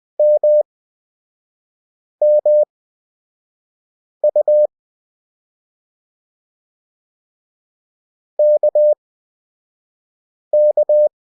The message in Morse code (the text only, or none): MMU KK